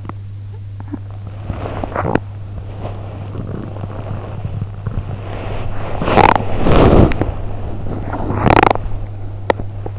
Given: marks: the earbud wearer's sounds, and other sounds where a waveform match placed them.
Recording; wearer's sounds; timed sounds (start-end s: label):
sounds in sleep by an in-ear microphone; teeth grinding, talking in sleep, body movement
0.00-0.19 s: teeth grinding
0.49-1.02 s: talking in sleep
1.06-8.90 s: body movement
1.79-2.29 s: teeth grinding
5.92-6.45 s: teeth grinding
7.08-7.32 s: teeth grinding
8.38-8.88 s: teeth grinding
9.43-9.96 s: teeth grinding